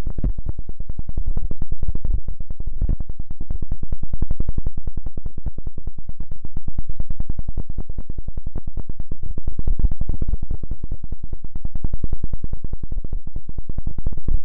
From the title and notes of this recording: Ultra-fine ear touch, immersive experience.